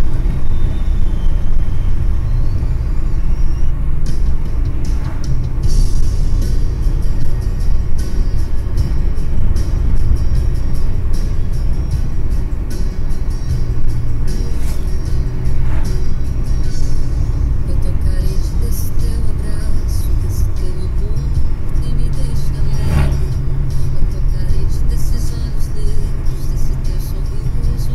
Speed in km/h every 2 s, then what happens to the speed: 100, 96, 98, 99, 99, 97, 96, 96, 96, 97, 95, 92, 91, 92.
0-28 steady at about 96.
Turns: none.